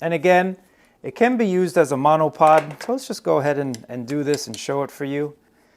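Someone talks while handling the phone holder clamp of a LumeCube Mobile Creator Kit 2.0 and getting it ready to push onto the top of the extendable tripod/monopod. No click is heard. Nothing has seated or clicked yet.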